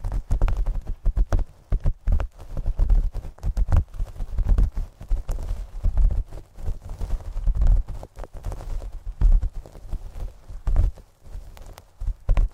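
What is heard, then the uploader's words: A scalp massage: dense, irregular rubbing and tapping with a heavy, thumping low end and quick clicks over it. The strokes come in rapid bursts with short pauses, most noticeably a brief lull around eleven seconds before they pick up again. Fluffy Mic TRIGGERS. Scalp Massage. No Talking.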